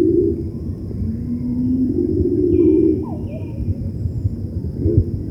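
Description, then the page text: Cinnamon-bellied imperial pigeon giving low, sustained moaning notes that shift in pitch. "Cinnamon-Bellied Imperial Pigeon Call. Quick Sounds"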